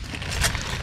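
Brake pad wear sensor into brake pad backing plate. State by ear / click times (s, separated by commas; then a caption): not seated / none. A new brake pad wear sensor is being handled and positioned to be pressed into its mount on the brake pad backing plate, where a plastic lock tab holds it. Brief handling noises and small ticks sound over a steady low background, with a broadband burst near 0.4–0.5 s. Nothing has seated or clicked yet.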